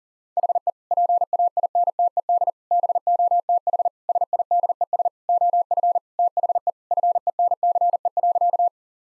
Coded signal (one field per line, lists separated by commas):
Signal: Morse code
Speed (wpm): 40 wpm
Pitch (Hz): 700 Hz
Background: none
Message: HE PAINTED BOTH SIDES OF THE FENCE.